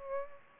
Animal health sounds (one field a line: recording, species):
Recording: mosquito wingbeat signal from an infrared sensor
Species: Aedes aegypti